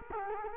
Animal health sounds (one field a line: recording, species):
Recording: mosquito wingbeat signal from an infrared sensor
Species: Culex quinquefasciatus